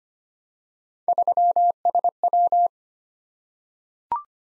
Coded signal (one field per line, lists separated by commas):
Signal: Morse code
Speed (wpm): 25 wpm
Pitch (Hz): 700 Hz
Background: none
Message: 3SW